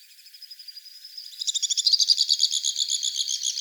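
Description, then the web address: White-throated swift call, a thin high twitter that swells into a loud, fast, shrill rattling trill. Dated 030506. "Hummingbirds Swifts WTSW 030506. deviche"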